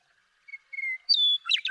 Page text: Birdsong for the Curious Naturalist: Explore #7. 70. The joy of western meadowlark songs. Come along with me to Sierra Valley in eastern California where, during 2018, I just couldn't get enough of them